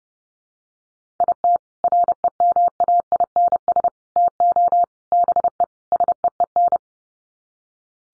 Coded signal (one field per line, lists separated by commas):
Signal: Morse code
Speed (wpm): 30 wpm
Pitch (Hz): 700 Hz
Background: none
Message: IT REMAINS TO BE SEEN